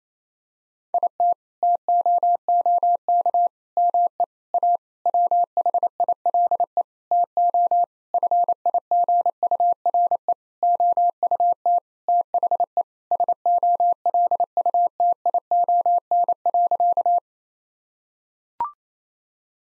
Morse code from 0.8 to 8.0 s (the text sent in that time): IT TOOK ME A WHILE TO